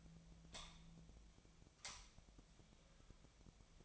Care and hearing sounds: daily activity, microphone in the room; light on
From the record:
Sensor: 1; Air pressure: 1009.9 hPa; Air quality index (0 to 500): 189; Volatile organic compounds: 17 ppm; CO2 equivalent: 2594 ppm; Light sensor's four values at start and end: 36/92/38/46 and 46/129/53/61

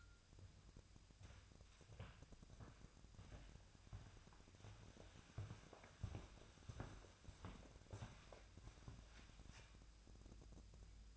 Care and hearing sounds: daily activity, microphone in the room; walk to room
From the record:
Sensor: 2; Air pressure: 999.8 hPa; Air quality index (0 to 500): 120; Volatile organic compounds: 2 ppm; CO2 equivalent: 1034 ppm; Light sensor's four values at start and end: 28/67/30/33 and 27/64/28/32

